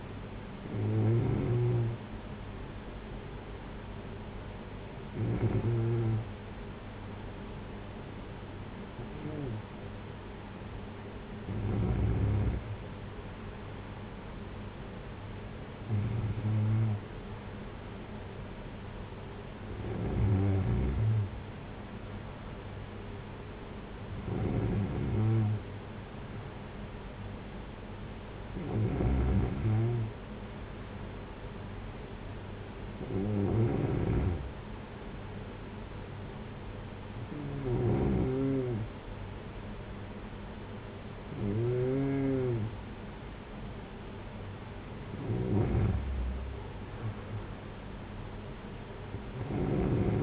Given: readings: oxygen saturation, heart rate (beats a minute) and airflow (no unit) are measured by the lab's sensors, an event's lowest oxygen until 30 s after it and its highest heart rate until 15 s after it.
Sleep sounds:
breathing in sleep by a voice recorder at the bedside; none
none scored
From the record:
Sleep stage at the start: N2 (light sleep); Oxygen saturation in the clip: 93 to 94%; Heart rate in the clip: 53 to 60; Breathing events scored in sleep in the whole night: 226 in 8.8 hours asleep

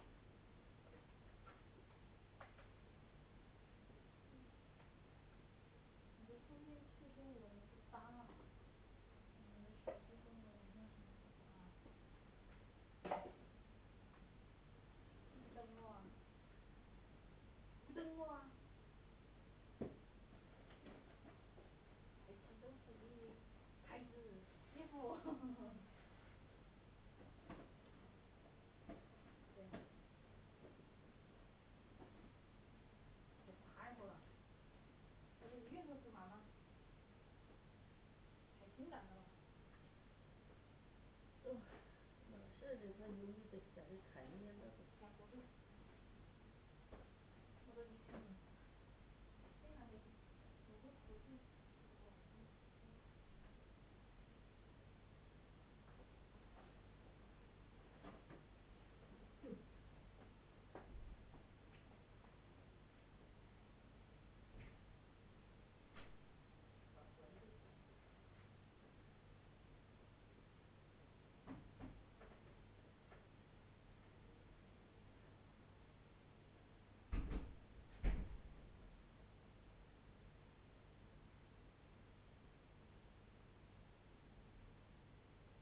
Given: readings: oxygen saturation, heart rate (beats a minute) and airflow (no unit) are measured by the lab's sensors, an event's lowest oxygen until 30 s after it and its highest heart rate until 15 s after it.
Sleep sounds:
a person awake in a sleep study, by a voice recorder at the bedside; none
0.00-85.61 s: awake
0.00-85.61 s: awake
From the record:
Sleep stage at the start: awake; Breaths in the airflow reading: 27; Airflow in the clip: -0.7 to 0.9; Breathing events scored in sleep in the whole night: 496 in 5.4 hours asleep

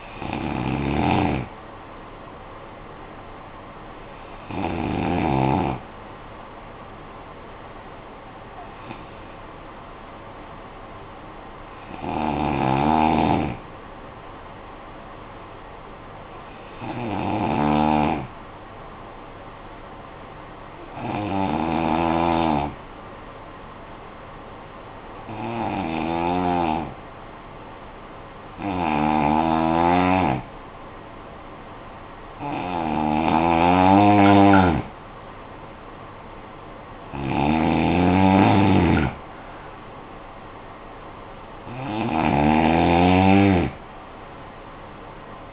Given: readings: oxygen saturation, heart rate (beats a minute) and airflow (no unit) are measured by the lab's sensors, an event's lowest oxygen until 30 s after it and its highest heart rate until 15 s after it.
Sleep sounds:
breathing in sleep by a voice recorder at the bedside; 1
9.00-30.80 s: hypopnea (N1, oxygen 96% highest, then 89% lowest, heart rate 54 at the start, 67 highest)
19.00-45.53 s: new sleep stage, N2 (light sleep)
From the record:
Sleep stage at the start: N1 (lightest sleep); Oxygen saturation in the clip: 89 to 96%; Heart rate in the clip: 50 to 78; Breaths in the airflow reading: 11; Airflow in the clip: -11.2 to 7.7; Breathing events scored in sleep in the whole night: 445 in 7.6 hours asleep

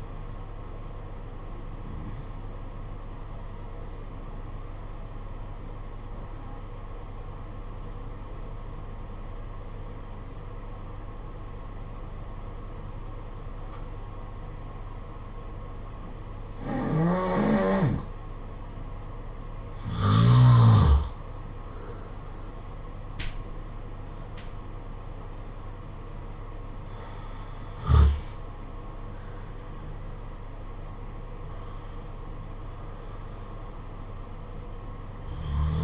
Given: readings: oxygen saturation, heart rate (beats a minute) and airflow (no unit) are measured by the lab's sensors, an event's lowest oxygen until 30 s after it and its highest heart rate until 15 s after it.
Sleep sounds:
breathing in sleep by a smartphone at the bedside; 1
5.00-19.10 s: obstructive apnea (N2, oxygen 95% highest, then 86% lowest, heart rate 53 at the start, 66 highest)
11.00-35.83 s: new sleep stage, N1 (lightest sleep)
From the record:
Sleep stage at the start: N2 (light sleep); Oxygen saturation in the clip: 88 to 95%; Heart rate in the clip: 53 to 66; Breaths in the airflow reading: 5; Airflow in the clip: -9.3 to 9.6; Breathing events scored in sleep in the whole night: 476 in 9.7 hours asleep

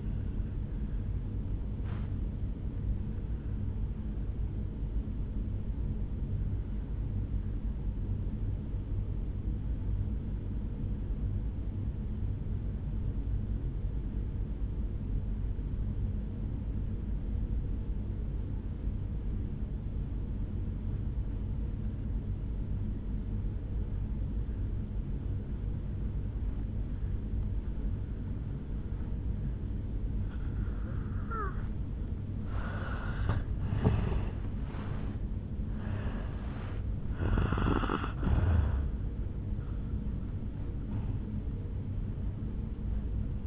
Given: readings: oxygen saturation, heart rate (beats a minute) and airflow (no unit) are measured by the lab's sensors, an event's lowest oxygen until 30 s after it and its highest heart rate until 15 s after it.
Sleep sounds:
breathing in sleep by a smartphone at the bedside; 1
3.00-33.10 s: obstructive apnea (N1, oxygen 97% highest, then 84% lowest, heart rate 62 at the start, 79 highest)
From the record:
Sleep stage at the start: N1 (lightest sleep); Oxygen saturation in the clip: 84 to 97%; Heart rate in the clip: 61 to 79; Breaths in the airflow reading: 3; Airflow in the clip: -11.7 to 6.4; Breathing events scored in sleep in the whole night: 449 in 7.0 hours asleep

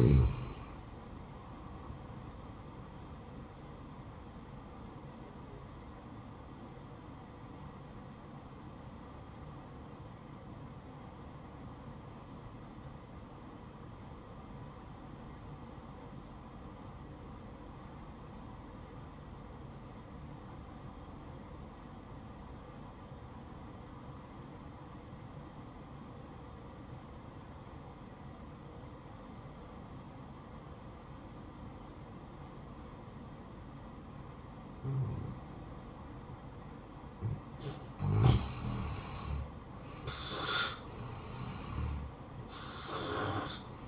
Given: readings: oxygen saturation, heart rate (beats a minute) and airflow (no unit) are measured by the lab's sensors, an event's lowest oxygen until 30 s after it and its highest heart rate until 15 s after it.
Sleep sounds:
breathing in sleep by a smartphone at the bedside; 1
7.00-39.20 s: obstructive apnea (N1, oxygen 96% highest, then 86% lowest, heart rate 61 at the start, 69 highest)
19.00-43.88 s: new sleep stage, N2 (light sleep)
From the record:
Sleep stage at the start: N1 (lightest sleep); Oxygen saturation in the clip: 85 to 96%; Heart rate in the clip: 60 to 65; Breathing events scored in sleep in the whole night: 573 in 9.8 hours asleep

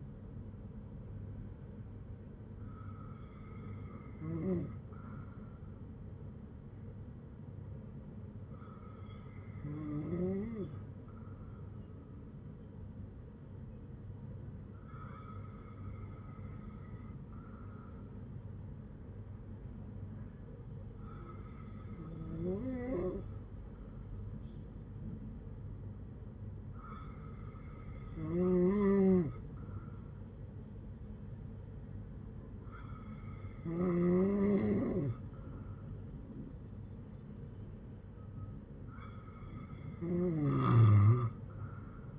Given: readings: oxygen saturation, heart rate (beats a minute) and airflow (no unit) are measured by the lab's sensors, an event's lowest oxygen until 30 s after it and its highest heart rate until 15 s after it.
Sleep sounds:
breathing in sleep by a smartphone at the bedside; none
none scored
From the record:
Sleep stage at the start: N2 (light sleep); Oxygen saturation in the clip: 95 to 96%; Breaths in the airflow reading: 7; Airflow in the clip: -5.8 to 6.2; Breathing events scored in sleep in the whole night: 182 in 7.4 hours asleep

